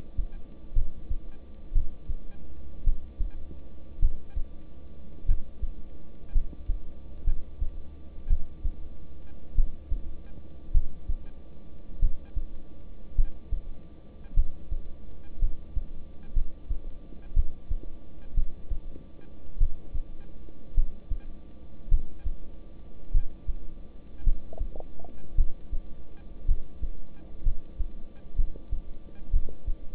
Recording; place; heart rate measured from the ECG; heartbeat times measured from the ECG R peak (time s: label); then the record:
heart sounds by stethoscope; between the tricuspid and mitral areas; 55 bpm
0.74 s: heartbeat
1.73 s: heartbeat
2.84 s: heartbeat
4.00 s: heartbeat
5.26 s: heartbeat
6.33 s: heartbeat
7.25 s: heartbeat
8.28 s: heartbeat
9.55 s: heartbeat
10.72 s: heartbeat
12.00 s: heartbeat
13.15 s: heartbeat
14.34 s: heartbeat
15.39 s: heartbeat
16.34 s: heartbeat
17.34 s: heartbeat
18.35 s: heartbeat
19.58 s: heartbeat
20.75 s: heartbeat
21.89 s: heartbeat
23.12 s: heartbeat
24.24 s: heartbeat
25.35 s: heartbeat
26.46 s: heartbeat
27.43 s: heartbeat
28.36 s: heartbeat
29.31 s: heartbeat
From the record:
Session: rest, lying down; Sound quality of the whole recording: good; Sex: male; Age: 26 years